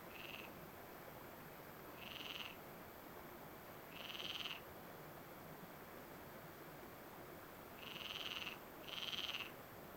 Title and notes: Bolulla - Province d'Alicante - Espagne Ambiance du soir sur le pont - quelques grenouilles. . Prise de sons : JF CAVRO ZOOM F3 + AKG 451B